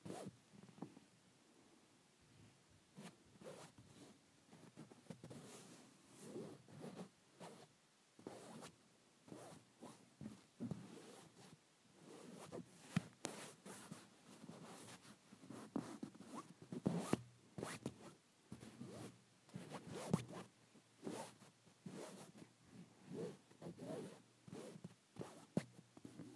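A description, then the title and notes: Fabric being rubbed, crumpled and handled, in quick irregular bursts of rustling and scratching with brief pauses between them. The sounds are crisp and bright, some sharp like a zip or snap, continuing steadily throughout. ASMR Satisfying Fabric.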